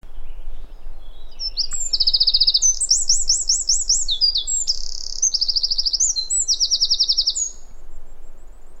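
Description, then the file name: Eurasian wren song: a loud, fast run of high trills and rattling notes, shifting between several dry repeated phrases for several seconds. "Troglodytes troglodytes"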